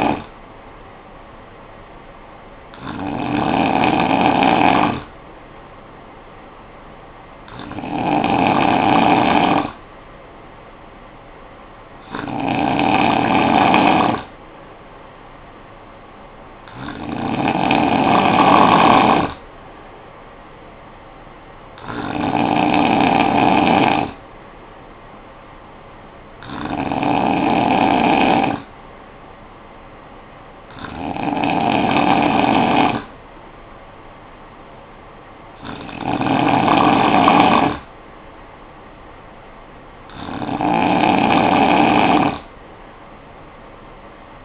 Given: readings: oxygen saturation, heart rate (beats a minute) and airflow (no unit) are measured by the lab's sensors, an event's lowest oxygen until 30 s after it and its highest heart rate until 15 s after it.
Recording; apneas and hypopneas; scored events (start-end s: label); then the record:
breathing in sleep by a voice recorder at the bedside; none
none scored
From the record:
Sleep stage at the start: N2 (light sleep); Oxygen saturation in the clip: 93 to 94%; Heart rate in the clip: 54 to 60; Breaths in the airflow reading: 9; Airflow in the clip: -8.8 to 4.6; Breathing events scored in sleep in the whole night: 445 in 7.6 hours asleep